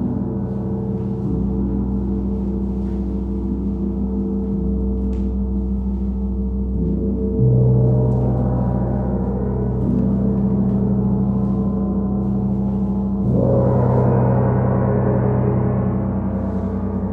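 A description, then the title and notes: Deep gongs hum and swell in a continuous wash, long low tones layering and shifting pitch. Fresh strikes brighten the sound around 7 seconds and again near 13, each swell lingering. Faint brief ticks appear high above at scattered moments. Gong Bath. Steve Gong runs classes for groups in a church hall in Ainsdale Merseyside.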